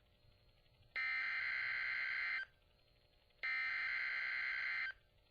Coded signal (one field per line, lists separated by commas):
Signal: Emergency Alert System (SAME) tones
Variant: header bursts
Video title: Special Marine Warning #11 - 07/24/22 (EAS #2,620)